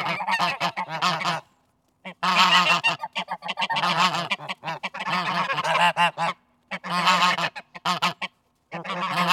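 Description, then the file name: Goose: geese give dense, overlapping nasal honks in long busy runs, broken by a few brief pauses. Geese outdoors. "Digiffects Sound Effects Library - Geese Outdoors Version 3"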